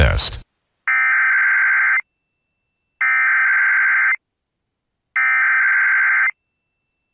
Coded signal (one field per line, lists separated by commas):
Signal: Emergency Alert System (SAME) tones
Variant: header bursts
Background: speech